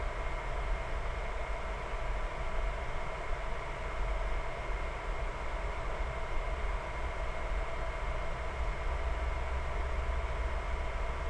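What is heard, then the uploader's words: A quiet server room hums with a steady, unchanging drone of fans and machinery. The sound is dense and even throughout, with a strong low rumble underneath and a faint airy hiss on top, and no distinct events break the constant texture. Small Server Room. You'll hear the sounds of sounds of a quiet server room.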